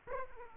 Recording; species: mosquito wingbeat signal from an infrared sensor; Aedes aegypti